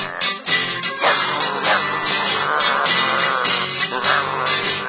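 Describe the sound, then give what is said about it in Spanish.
A loud, continuous chorus of many dogs barking at once, with overlapping sharp barks piling up into a dense, unbroken racket for several seconds. “Aquí ladran hasta los lagartos.”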